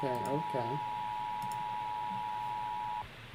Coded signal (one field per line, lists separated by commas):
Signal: Emergency Alert System (SAME) tones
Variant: 853 and 960 Hz attention tone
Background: speech